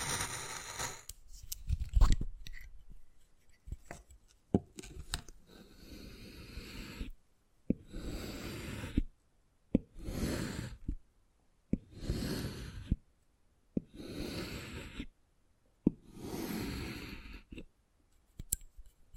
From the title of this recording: Wood Carving, Tapping and Scratching Sounds